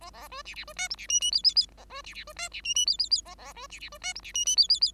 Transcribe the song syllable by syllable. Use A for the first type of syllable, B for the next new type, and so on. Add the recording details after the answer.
A A B C C B D E C F F G G G A B C C B D C F F G G G A A B C C B D E C F F G G G. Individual Bird5